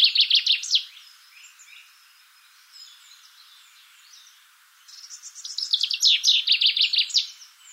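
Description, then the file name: Common chaffinch song: a short burst of notes ends one phrase, then after a pause a full trill ending in a flourish, faint birdsong between. "Fringilla coelebs"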